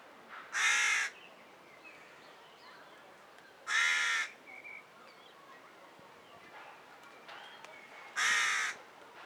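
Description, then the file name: Carrion crow giving harsh, hoarse caws, three single calls spaced about three to four and a half seconds apart, with faint small bird notes in the background. "Corvus corone"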